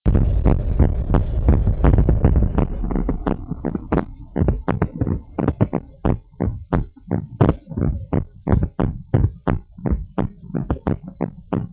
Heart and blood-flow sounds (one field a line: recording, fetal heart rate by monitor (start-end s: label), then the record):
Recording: heart sounds of a pregnant woman by stethoscope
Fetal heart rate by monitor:
no fetal heartbeat
From the record:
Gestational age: 39 weeks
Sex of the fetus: girl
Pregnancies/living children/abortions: 1/0/0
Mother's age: 23 years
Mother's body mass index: 24.9